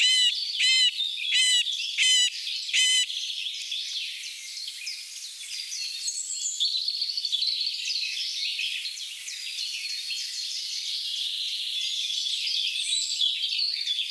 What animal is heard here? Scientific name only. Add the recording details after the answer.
Dendrocopos medius. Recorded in the wild. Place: Merdingen bis Ihringen / Kaiserstuhl, Baden-Württemberg, DE. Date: 1980-05-10. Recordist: Schwarz, Dieter